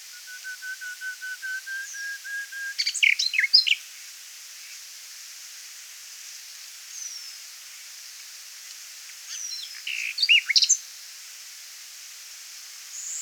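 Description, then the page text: Common nightingale song: a long run of repeated whistled notes, then a burst of sharp, varied chirps and rapid notes. After a pause comes another short, jumbled phrase over faint hiss. "Common Nightingale Song. Quick Sounds"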